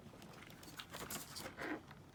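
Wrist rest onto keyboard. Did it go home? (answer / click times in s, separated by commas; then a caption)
no / none. A plastic wrist rest is slipped onto the front edge of a Corsair K55 RGB gaming keyboard, with soft handling and typing-like taps and rustles over about two seconds. The wrist rest does not lock into place, and nothing has clicked or latched.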